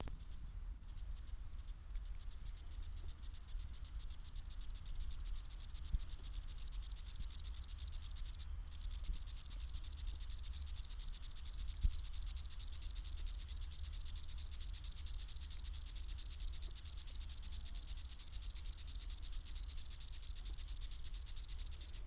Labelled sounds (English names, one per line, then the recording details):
Upland Field Grasshopper stridulation
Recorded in the wild
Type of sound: stridulation
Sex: male
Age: imago
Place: Botanische Anlage Blankenfelde, Berlin, DE
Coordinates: 52.603, 13.4
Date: 1996-08-24 14:02
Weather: heiter, 24°C
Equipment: Sony MD-WM MZ-R3, Sennheiser MKH 416 T, Kopie Uher 4000 Report Monitor
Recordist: Tembrock, Günter
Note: Männchen: Stridulation, nachdem das Weibchen abgesprungen ist